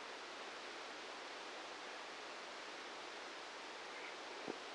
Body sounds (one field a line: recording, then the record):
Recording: brain microelectrode recording played as sound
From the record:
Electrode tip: outside the subthalamic nucleus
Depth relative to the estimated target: -3 mm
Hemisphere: right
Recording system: NeuroSet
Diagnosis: Parkinson's disease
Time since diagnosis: 7 years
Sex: male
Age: 44 years